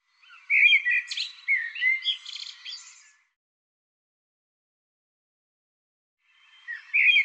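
Bird singing a chattery, scratchy phrase of mixed chirps and buzzes; after a long silence, a new phrase begins.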